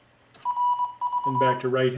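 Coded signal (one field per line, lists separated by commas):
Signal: Morse code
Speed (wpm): 22 wpm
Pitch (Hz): 980 Hz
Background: speech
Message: RV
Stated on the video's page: Morse sent with an MFJ-490X electronic memory keyer.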